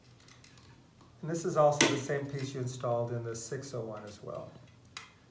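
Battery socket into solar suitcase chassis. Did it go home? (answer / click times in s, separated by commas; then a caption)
yes / 5.0 s. A battery socket is pushed in from the underside of a We Share Solar 501 solar suitcase chassis, the same case used in the 601. Someone talks over faint tapping, then a sharp click at 5.0 s marks the socket seating into place.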